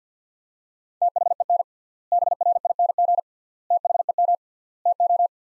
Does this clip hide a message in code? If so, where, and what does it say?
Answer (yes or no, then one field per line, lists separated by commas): yes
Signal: Morse code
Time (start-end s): 1.0-5.3 s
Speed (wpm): 50 wpm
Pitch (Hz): 700 Hz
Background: none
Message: THEN BRING THEM TO